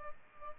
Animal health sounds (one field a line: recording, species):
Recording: mosquito wingbeat signal from an infrared sensor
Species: Aedes albopictus